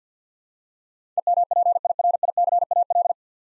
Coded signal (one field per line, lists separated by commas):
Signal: Morse code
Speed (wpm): 50 wpm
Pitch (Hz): 700 Hz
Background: none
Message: EMPIRICAL